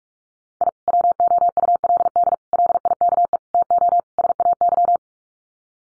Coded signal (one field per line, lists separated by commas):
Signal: Morse code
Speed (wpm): 44 wpm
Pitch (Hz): 700 Hz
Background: none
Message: I WOULD LIKE TO SAY